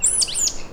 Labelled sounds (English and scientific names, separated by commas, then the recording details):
Stitchbird (Notiomystis cincta) song
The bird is a male
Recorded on Tiritiri Matangi Island, New Zealand, in 2005
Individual 1, of nest box 1